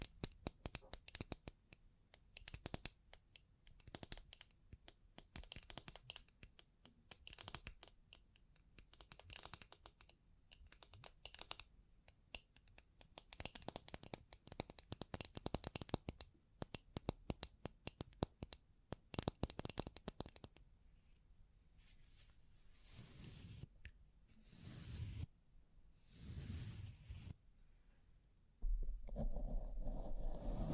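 Bling bling triggers: quick, crisp clicks and taps tumble out densely for the first twenty seconds, like fingernails on hard trinkets. After that the tapping thins to a few louder swishing bursts, and a sudden steady rumble takes over the final two seconds.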